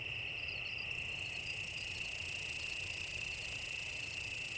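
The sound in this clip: Cicada song: a steady, unbroken high buzzing drone all the way through, with a second, even higher hiss joining after about a second.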